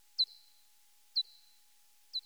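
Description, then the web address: Common pipistrelle echolocation calls: three brief downward-sweeping chirps that flatten into a tone, spaced about one second apart, against silence. "batlab echolocation pipipip"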